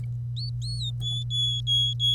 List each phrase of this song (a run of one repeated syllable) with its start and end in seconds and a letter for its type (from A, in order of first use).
0.37-0.90 A, 1.00-2.14 B